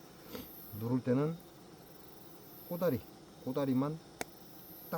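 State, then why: Seated. While a beehive is being closed up for winter, only the tip end of a wooden or plastic hive part is pressed into the beehive box, and someone talks beforehand. A sharp snap is heard at 4.2 seconds as the part seats into place.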